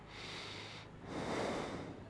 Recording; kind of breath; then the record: one breath in and out by a microphone near the nose and mouth; normal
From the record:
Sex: male